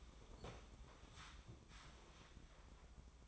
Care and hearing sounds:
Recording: daily activity, microphone in the room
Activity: sit down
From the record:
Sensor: 1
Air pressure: 1005.1 hPa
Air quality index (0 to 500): 124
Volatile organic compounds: 5 ppm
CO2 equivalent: 1731 ppm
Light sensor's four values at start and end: 11/27/11/11 and 11/27/11/12

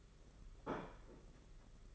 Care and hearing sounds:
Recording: daily activity, microphone in the room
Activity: place plate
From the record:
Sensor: 4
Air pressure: 992.6 hPa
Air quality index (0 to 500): 135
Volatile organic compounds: 56 ppm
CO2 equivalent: 3369 ppm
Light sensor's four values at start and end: 19/65/24/25 and 19/65/24/25

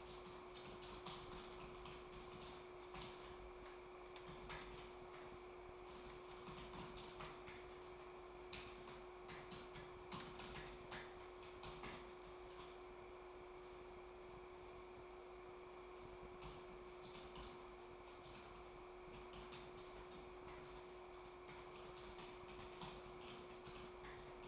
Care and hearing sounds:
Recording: daily activity, microphone in the room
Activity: typing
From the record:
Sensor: 1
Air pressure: 1004.5 hPa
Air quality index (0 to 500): 196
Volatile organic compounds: 17 ppm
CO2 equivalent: 2592 ppm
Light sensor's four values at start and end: 4/11/4/4 and 4/11/4/4

